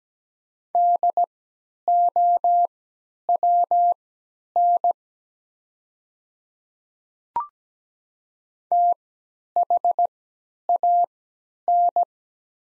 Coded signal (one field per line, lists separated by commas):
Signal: Morse code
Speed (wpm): 17 wpm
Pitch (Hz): 700 Hz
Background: none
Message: DOWN THAN